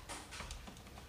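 A plastic front badge emblem is pressed by hand onto its front grille mount on a Volkswagen Golf GTI MK7, working around the edge to engage the retaining tabs. Brief, soft, broadband scuffing and pressing noises are heard over a low background hum. Nothing has seated or clicked into place yet.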